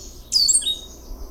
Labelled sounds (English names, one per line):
Stitchbird song